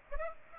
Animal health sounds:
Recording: mosquito wingbeat signal from an infrared sensor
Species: Aedes aegypti

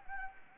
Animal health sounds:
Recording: mosquito wingbeat signal from an infrared sensor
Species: Anopheles arabiensis

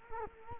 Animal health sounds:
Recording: mosquito wingbeat signal from an infrared sensor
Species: Culex quinquefasciatus

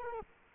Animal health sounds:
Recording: mosquito wingbeat signal from an infrared sensor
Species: Culex quinquefasciatus

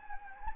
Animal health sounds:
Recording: mosquito wingbeat signal from an infrared sensor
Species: Anopheles gambiae

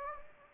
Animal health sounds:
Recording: mosquito wingbeat signal from an infrared sensor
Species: Anopheles gambiae

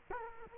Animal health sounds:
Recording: mosquito wingbeat signal from an infrared sensor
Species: Culex quinquefasciatus

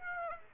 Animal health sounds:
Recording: mosquito wingbeat signal from an infrared sensor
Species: Aedes aegypti

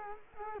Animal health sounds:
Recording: mosquito wingbeat signal from an infrared sensor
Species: Culex quinquefasciatus

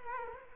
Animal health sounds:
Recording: mosquito wingbeat signal from an infrared sensor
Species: Culex quinquefasciatus

